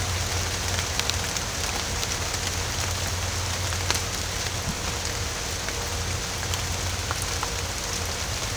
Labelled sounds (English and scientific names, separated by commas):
none